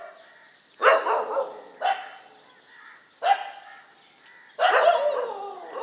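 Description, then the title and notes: Dog barks in four separate harsh bursts with short pauses between. Several dogs, morning street ambience on Mission Street, MG Road Area, Puducherry, India. "WRMJ+487, Mission St, MG Road Area, Puducherry, 605001, Inde - Concert de chiens. Ambiance matinale sur Mission Street - Concert de chiens."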